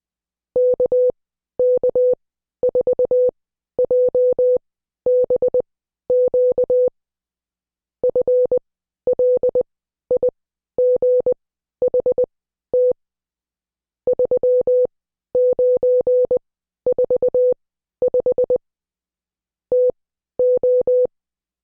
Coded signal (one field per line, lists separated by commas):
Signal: Morse code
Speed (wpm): 20 wpm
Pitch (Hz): 500 Hz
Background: none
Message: KK4JBQ FLIGHT 3945 TO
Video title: Morse Code Class 09